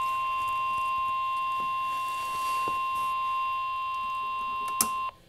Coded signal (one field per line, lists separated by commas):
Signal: Emergency Alert System (SAME) tones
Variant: 1050 Hz attention tone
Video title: NOAA Weather Radio: Severe Thunderstorm Warning (EAS #152)